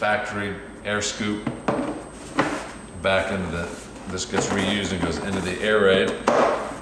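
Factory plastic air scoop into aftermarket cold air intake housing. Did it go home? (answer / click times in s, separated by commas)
no / none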